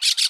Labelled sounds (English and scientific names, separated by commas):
Brown-throated Parakeet (Eupsittula pertinax) contact call